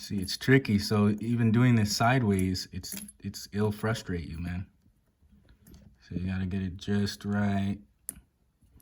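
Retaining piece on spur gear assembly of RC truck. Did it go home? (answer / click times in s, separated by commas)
yes / 8.1 s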